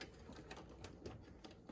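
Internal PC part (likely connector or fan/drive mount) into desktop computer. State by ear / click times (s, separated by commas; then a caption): not seated / none. An internal part, likely a connector or a fan or drive mount, is being re-fitted into a desktop computer because it earlier went on too easily and was not fully seated. Light, irregular tapping and rattling handling noises are heard, with a sharper tick at 0.8 s. Nothing has seated or clicked into place yet.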